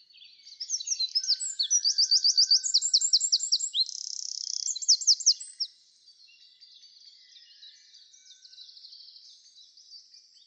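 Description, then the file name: Eurasian wren singing a fast, high, rattling series of trills and chattering phrases for about five seconds, followed by a faint trill. "Troglodytes troglodytes"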